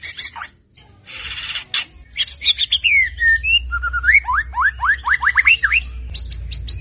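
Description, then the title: White-rumped shama song: harsh bursts and varied whistles, then a quick series of rising upslurred notes, ending in high repeated chips, over a low rumble. Lure used to make the bird respond; bird described as gacor (energetic, frequent singer). "PANCINGAN MURAI BATU GACOR"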